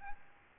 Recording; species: mosquito wingbeat signal from an infrared sensor; Aedes albopictus